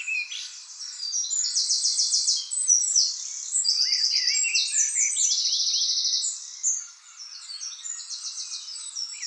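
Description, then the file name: Eurasian wren song: a long, energetic string of very high, rapid trills and rattling notes, pausing briefly near the seventh second before resuming more softly. "Troglodytes troglodytes"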